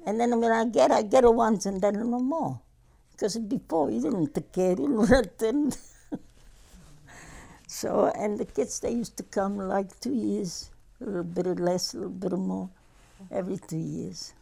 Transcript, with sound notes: And then when I'd get it, I'd get it once and then no more. Because before you don't take care, you have them. ( she laughs ) So, and the kids, they used to come like two years, a little bit less, a little bit more, every three years.